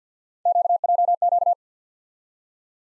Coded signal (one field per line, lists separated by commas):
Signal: Morse code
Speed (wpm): 50 wpm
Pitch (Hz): 700 Hz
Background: none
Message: QJQ